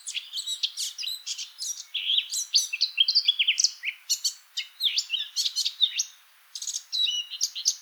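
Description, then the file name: Eurasian blackcap song: dense, hurried warble of chirps, clicks and short whistles running almost continuously, with one brief gap near the end. "Sylvia atricapilla"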